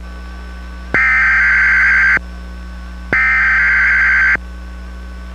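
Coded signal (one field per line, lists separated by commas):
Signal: Emergency Alert System (SAME) tones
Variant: header bursts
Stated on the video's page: Test recorded off the air onto VHS tape with a cheap combo recorder; audio is unstable.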